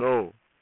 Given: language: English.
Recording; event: throat vibration sensor signal played as sound; speech